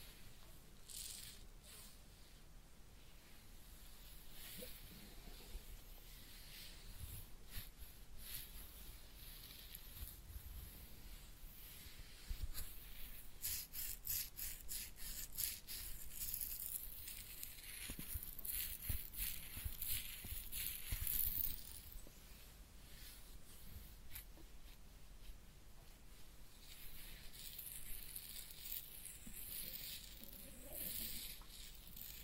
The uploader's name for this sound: Real Head Massage and Ear Cleaning